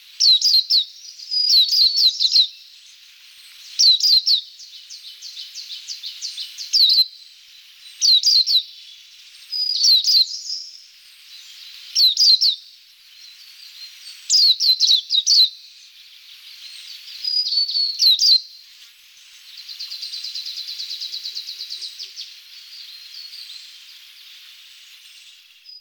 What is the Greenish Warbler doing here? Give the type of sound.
song